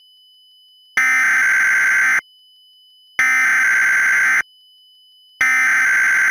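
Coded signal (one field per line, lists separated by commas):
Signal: Emergency Alert System (SAME) tones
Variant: header bursts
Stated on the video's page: Mock hurricane EAS alert for an alternate-timeline 2018 storm; fictional, not real.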